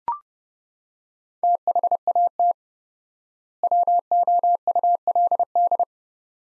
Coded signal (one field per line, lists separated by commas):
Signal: Morse code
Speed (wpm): 32 wpm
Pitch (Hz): 700 Hz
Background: none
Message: THAT WOULD